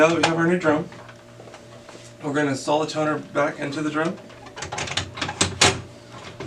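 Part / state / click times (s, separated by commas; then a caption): toner cartridge into imaging drum unit / seated / 5.6 s. In a Dell 2330 laser printer repair, a toner cartridge is pressed back into a new imaging drum unit. Someone talks, then a series of short knocks and clatters builds to a loud, sharp click at 5.6 seconds as the toner cartridge seats into the drum unit.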